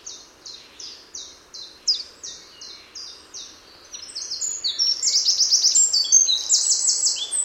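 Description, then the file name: Eurasian wren song beginning with evenly spaced, sharp high notes, then building into a dense, loud rattling trill of rapid piercing notes that continues to the end. "Troglodytes troglodytes"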